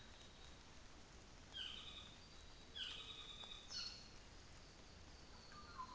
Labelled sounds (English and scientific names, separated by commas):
North Island Saddleback (Philesturnus rufusater)